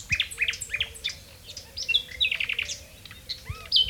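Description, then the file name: Common nightingale singing short bursts of sharp chirps and whistled notes in quick succession, with a lower whistled note near the end. "Luscinia megarhynchos"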